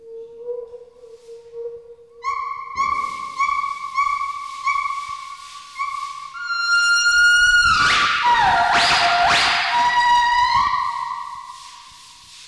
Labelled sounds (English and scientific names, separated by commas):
Northern White-cheeked Gibbon (Nomascus leucogenys)